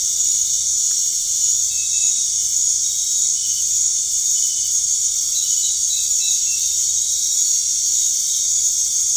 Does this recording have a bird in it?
no